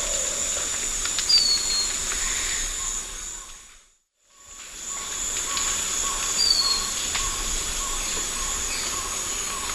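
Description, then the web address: White-chested puffbird: two faint, high, descending whistles, about five seconds apart, over constant insect hiss, with a brief drop in sound midway. Eastern Lowlands of South America. "Natures Songs S America Eastern Lowlands Malacoptila fusca, song or call"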